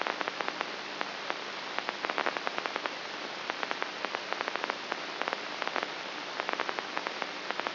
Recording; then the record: brain microelectrode recording played as sound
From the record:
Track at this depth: outside the subthalamic nucleus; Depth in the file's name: 6.64 mm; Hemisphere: right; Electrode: 3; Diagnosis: Parkinson's disease